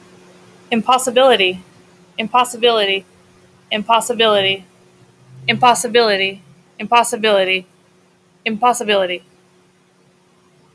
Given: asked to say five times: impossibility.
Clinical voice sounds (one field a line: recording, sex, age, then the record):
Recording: repeated word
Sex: female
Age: 30 to 39 years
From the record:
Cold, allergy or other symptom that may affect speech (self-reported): no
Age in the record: 36 years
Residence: Florida, United States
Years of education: 17